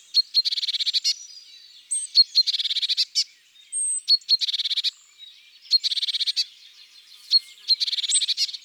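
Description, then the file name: Eurasian blue tit calling: five dry, rattling churr bursts, each introduced by sharp high notes, with thin whistled notes between them. Garden bird. "Mesange bleue"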